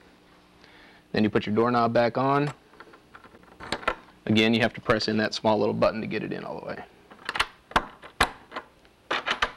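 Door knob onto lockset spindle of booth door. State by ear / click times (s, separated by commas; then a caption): seated / 7.8 s, 8.2 s. A door knob is pushed back onto the lockset spindle of a booth door while its small release button is held in. Someone talks, followed by handling clicks. The knob clicks fully into place at 7.8 s and 8.2 s and is seated and locked on.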